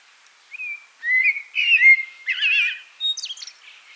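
Blackbird singing a short phrase of fluty, warbled whistles that ends in a few high, squeaky twittering notes.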